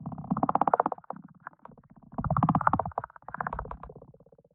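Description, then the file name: Frogs croaking: two loud bursts of rapid, rattling pulsed croaks, each lasting under a second, separated by softer grunting notes. "Frogs Melody"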